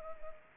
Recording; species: mosquito wingbeat signal from an infrared sensor; Anopheles arabiensis